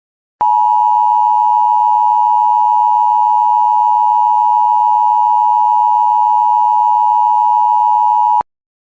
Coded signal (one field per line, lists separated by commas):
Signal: Emergency Alert System (SAME) tones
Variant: 853 and 960 Hz attention tone